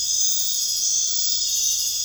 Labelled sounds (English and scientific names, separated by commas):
none